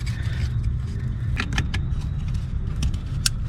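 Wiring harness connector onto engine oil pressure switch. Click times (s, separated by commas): 3.3 s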